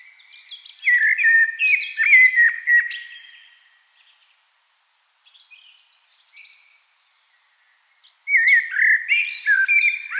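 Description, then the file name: Eurasian blackbird song: two rich, fluty warbled phrases with squeaky high twitters, separated by a pause with faint bird notes. "Turdus merula"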